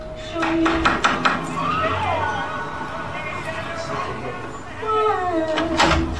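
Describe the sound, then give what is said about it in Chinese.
A quick series of four sharp knocks on the door of a daughter's boyfriend's home, knocked by her father after looking in through the window, followed by murmured voices and faint background sound, with another brief burst of clatter near the end. “他来到蒂姆男友的住所，从窗外探望了几眼，然后敲了敲门。”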